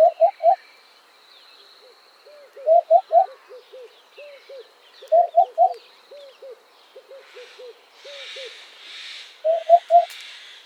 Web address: hoopoe sound